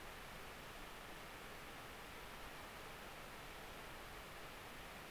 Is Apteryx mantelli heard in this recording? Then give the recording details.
no. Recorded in New Zealand on 10 October 2014. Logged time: 22:59. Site DE66